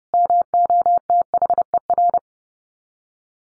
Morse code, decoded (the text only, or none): MOTHER